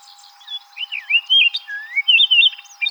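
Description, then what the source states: Orchard oriole song, a continuous fast warble of looping whistled notes, some sliding down, others rising, interspersed with brief chattery bits. Recorded on 7 July 2007.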